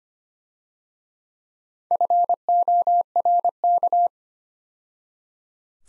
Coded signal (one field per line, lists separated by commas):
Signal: Morse code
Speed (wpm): 30 wpm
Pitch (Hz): 700 Hz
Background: none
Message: FORK